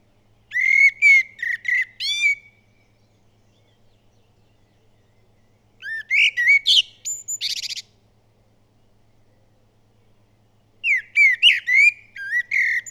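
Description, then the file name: Common blackbird song in three phrases, low warbled whistles giving way to rapid high twitters and a rattling squeak, with gaps of about three seconds. "Turdus merula"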